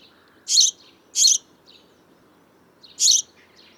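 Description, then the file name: House sparrow calls, three short harsh chirps spaced irregularly over a few seconds, with faint softer notes between and low background hum. "Passer domesticus"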